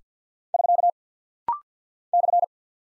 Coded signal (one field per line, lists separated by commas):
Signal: Morse code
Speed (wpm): 50 wpm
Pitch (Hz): 700 Hz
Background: none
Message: <SK> /